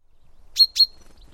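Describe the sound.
Bird chirps, two quick high sharp notes about a fifth of a second apart, each a brief burst trailing into a thin steady whistle, over faint low background rumble.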